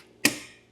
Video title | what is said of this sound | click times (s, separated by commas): My MISTAKE Of Being Cheap - The Steamer For Car Detailing | And you hear that click. That's it. You're already in. | 0.2 s